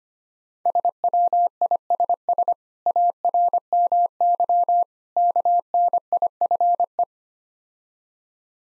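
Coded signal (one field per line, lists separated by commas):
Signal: Morse code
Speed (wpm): 25 wpm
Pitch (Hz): 700 Hz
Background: none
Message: SWISS ARMY KNIFE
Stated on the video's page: Morse code practice drill at 25 wpm, difficult words with contextual hints.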